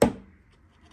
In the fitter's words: And then if you just do this, you probably hear a clunk.